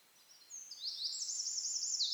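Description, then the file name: Eurasian wren song fragment: high, rapidly trilled notes building in loudness over two seconds, cut off mid-phrase. "Troglodytes troglodytes"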